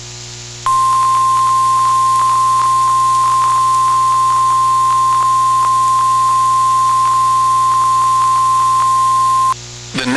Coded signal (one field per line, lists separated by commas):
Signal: Emergency Alert System (SAME) tones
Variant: 1050 Hz attention tone